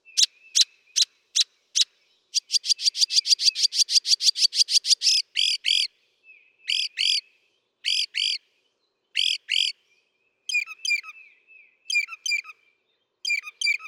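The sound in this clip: Northern mockingbird song: a few sharp notes, then a fast run of repeated ticking notes, followed by doubled harsh phrases and repeated chattering figures.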